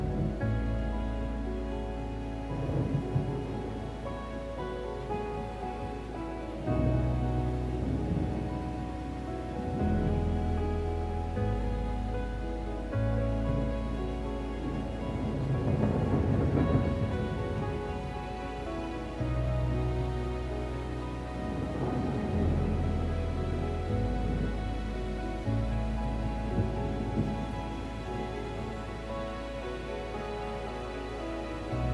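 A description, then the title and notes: Gentle classical music plays throughout, with sustained low bass notes that shift every few seconds under slow, layered chords. A soft, steady wash of rain sits beneath it, and low rumbling swells of thunder rise around the middle, near sixteen seconds, and again near twenty-two. Relaxing THUNDERSTORM and Gentle MUSIC. The comforting sounds of thunder and rain, accompanied by gentle classical music.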